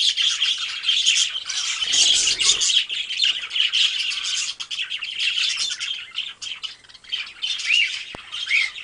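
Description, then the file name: Budgerigar flock calling, overlapping high chirps and squeaky twitters form a steady chatter, with a short low rumble near two seconds and a few rising whistled notes near the end. A flock of parakeets calling together. "suara parkit rombongan. omkicau"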